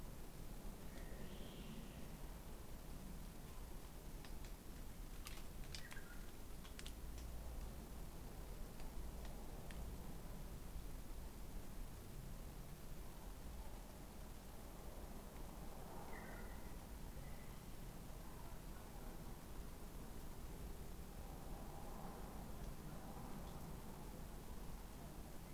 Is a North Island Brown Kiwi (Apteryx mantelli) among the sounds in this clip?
no